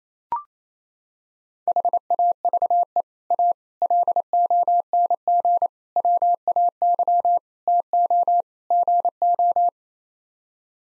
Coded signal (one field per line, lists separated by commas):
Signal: Morse code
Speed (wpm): 28 wpm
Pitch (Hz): 700 Hz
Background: none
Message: HAVE A LONG WAY TO GO